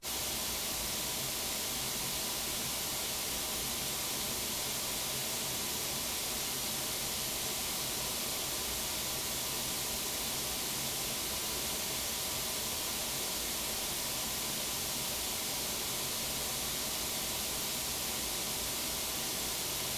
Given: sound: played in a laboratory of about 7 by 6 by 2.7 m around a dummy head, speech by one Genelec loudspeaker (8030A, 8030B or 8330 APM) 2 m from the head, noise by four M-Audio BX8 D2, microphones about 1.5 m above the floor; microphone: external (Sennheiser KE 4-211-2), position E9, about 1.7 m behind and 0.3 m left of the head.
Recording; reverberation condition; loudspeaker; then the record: white noise; low; four, about 170 cm from the corners of the room and facing them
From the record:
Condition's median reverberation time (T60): about 310 ms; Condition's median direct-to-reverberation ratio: about 3.5 dB